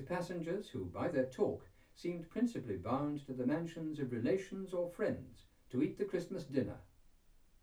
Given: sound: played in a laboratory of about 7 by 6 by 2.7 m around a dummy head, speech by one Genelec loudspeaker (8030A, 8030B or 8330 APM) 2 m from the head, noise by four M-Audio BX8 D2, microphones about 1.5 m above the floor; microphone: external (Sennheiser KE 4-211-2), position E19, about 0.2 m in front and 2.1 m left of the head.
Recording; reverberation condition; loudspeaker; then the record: male speech in English; low; 150 degrees to the right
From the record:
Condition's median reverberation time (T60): about 310 ms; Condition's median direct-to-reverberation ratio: about 3.5 dB